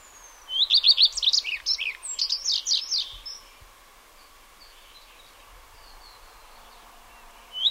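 Redstart song: a thin high opening note, then a quick run of bright, falling warbled notes for about three seconds, followed by quiet with faint chirps and a closing high note.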